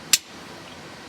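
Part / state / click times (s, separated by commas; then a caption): metal turbo oil return bung into drilled hole in oil pan or return fitting / seated / 0.1 s. A metal weld-on bung for a turbo oil return on a BMW E46 M3 is pressed into a 3/4 inch hole drilled in the metal oil pan or return fitting. A single sharp, bright snap sounds at 0.1 s over a low, steady background. The bung seats as a tight slip fit with no wiggle.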